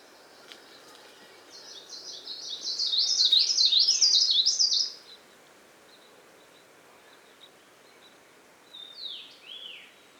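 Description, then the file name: Two-barred warbler delivering one loud, fast, zigzagging high-pitched song burst lasting about three seconds, then quiet before a short falling slurred note near the end. "plumbeitarsus song"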